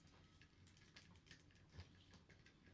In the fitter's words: not locking the way I want them to.